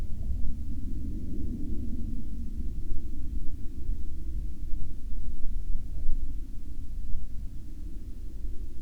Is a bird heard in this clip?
no